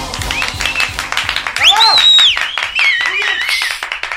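An audience applauds with dense, steady clapping throughout, while high rising and falling whoops or whistles ring out over the clapping in the middle and again near the end.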